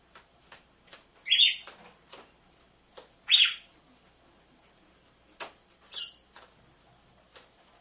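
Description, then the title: Red-cowled cardinal uttering three brief, buzzy notes spaced irregularly, separated by frequent soft clicking sounds. Female red-cowled cardinal song used to warm up males, with a beat of two males. "Canto Galo Campina Fêmea 01. ESQUENTE GALO DE CAMPINA COM BATIDA DE DOIS MACHOS"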